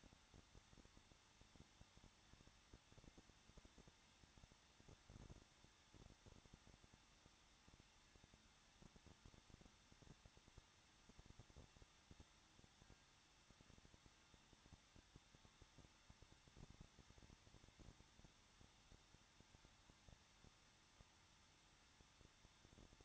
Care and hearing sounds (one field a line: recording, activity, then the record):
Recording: daily activity, microphone in the room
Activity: no activity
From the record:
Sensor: 3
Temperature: 21.2 degrees Celsius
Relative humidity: 36.3%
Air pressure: 1006.3 hPa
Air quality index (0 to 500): 222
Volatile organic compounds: 42 ppm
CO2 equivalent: 3176 ppm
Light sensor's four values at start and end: 2/3/2/2 and 2/3/2/2